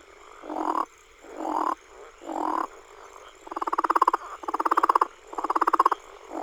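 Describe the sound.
Southern leopard frog giving low, guttural croaks about once a second, the later ones harsher and more rattling, with faint background hum.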